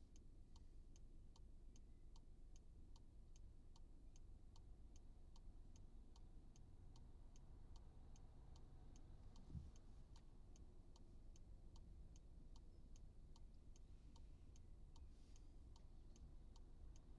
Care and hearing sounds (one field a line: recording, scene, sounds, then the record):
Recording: everyday scene through a hearing-aid microphone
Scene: in a vehicle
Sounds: engine idling, traffic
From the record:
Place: Skoda Fabia, gasoline engine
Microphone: in the ear canal, right